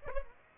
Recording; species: mosquito wingbeat signal from an infrared sensor; Aedes aegypti